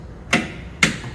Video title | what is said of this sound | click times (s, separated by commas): Glampervan Features 101: Customer Orientation | so what release it and then you're free to swivel however you want | 0.8 s